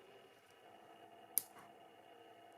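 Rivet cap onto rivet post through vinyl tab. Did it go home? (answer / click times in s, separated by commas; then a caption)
yes / 1.4 s. The cap half of a rivet is pressed by hand onto a 10-length rivet post that sticks up through a vinyl key fob tab. Against a quiet, steady background, one sharp, bright click sounds at 1.4 s, with a faint softer tick just after. The cap seats onto the post.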